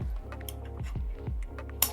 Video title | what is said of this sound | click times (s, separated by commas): Tips That Keep Your Embroidery Machine Running Like New | Boom, locks into place. | 1.8 s